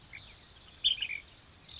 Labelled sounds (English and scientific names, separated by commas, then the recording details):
Ash-throated Flycatcher (Myiarchus cinerascens)
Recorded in Sonoma County, California